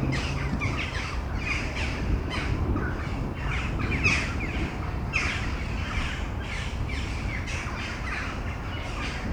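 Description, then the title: Crows cawing, a flock giving harsh repeated caws in irregular bursts, with heavy low background noise underneath. Flock of crows calling before a storm at Domaine de Tivoli, Mechelen, Belgium; recorded with Sony PCM-M10 internal microphones. "Domaine de Tivoli, Malines, Belgique, Belgium - Corneilles avant lorage - Crows before the storm"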